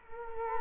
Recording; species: mosquito wingbeat signal from an infrared sensor; Culex quinquefasciatus